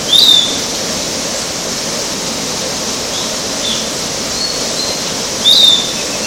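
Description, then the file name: Piratic flycatcher calls: two thin, high whistled notes about five seconds apart, with a fainter note between them, over constant hissing background noise. Mongaguá, São Paulo state, Brazil; 4 October 2014. "Legatus-leucophaius-Pco Anta Mongagua SP-BR-4-10-14-ASilveira"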